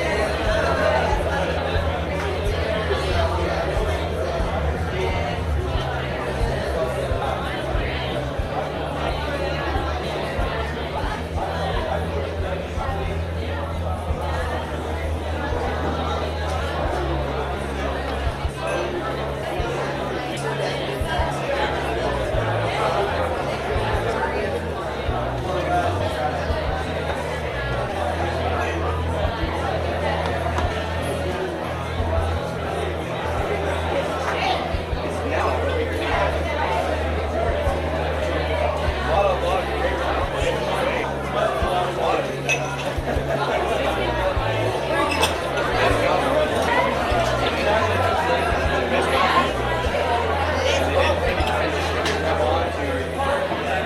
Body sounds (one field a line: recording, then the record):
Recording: background sound without coughing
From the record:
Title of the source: CITY SOUNDS Busy Bar in the Evening Night - 2 HOURS of Ambiance for Relaxation